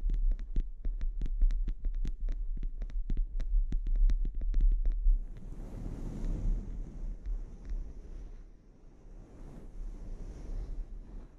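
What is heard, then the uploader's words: A scalp treatment opens with quick, evenly spaced taps or clicks over a heavy low rumble for about five seconds. The tapping then stops, giving way to a softer, rushing hiss with a thin high whistle on top, slowly fading quieter toward the end. ASMR Sleep Inducing Scalp Treatment (No Talking).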